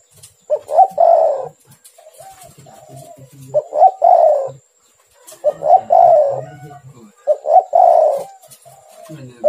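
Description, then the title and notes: Spotted dove song, a phrase of two quick notes and a long throaty coo, repeated several times with soft low cooing between. "Tekukur. Kicau Burung"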